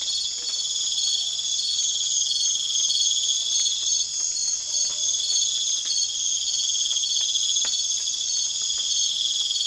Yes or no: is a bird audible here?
no